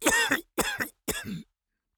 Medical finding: Coughs Gentle.